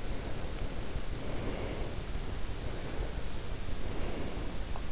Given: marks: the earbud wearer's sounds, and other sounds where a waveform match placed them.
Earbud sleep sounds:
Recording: sounds in sleep by an in-ear microphone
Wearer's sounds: breath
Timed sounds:
0.06-2.01 s: breath
2.51-4.79 s: breath

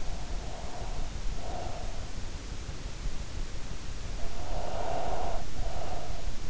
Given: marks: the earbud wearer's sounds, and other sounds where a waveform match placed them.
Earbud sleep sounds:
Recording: sounds in sleep by an in-ear microphone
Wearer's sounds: breath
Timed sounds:
0.01-2.28 s: breath
4.16-6.50 s: breath

